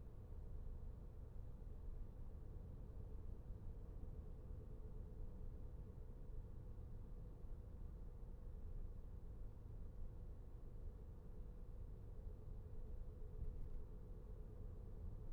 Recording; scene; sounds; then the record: everyday scene through a hearing-aid microphone; in a vehicle; engine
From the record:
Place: VW T5 Caravelle, diesel engine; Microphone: behind the ear, right, front